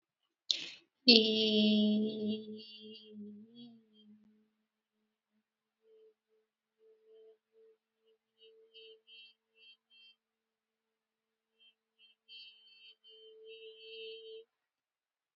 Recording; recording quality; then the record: sustained vowel as in beet; excellent, no background noise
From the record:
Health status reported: COVID-19 positive, moderate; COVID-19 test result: positive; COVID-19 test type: RT-PCR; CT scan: not taken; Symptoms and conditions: cold, breathing difficulty, sore throat, muscle pain, loss of smell and taste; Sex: female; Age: 22 years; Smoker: no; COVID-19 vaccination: both doses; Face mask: worn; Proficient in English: yes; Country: India